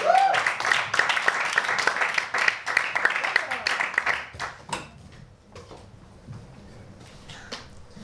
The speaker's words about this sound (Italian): Comunque un grande applauso